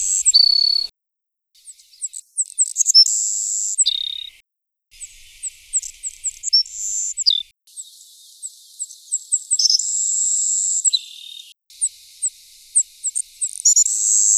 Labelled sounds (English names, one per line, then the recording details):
Savannah Sparrow song
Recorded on Kent Island, New Brunswick, in 2010